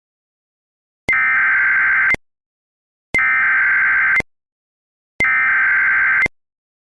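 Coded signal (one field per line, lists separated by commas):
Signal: Emergency Alert System (SAME) tones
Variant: header bursts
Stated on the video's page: Fictional EAS scenario, a simulated alert rather than a real broadcast.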